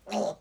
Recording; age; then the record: pig call; piglet (1 to 25 days)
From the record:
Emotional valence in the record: negative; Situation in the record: restrain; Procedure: back test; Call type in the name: low-frequency call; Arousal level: maximum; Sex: female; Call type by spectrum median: low-frequency call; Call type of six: low-frequency stable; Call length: 0.41 s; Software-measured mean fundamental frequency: 57 Hz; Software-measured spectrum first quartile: 460 Hz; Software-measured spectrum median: 653 Hz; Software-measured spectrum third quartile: 1259 Hz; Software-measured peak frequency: 586 Hz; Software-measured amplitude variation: 212 dB a second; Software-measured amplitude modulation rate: 15.7 a second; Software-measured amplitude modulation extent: 13.5 dB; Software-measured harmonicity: 3.2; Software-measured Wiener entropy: -1.02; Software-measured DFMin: 1130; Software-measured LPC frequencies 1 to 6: 625, 2723, 4044, 5606, 7450, 8643 Hz